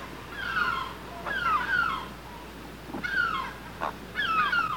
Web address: bird grt blue heron notes from birds in nest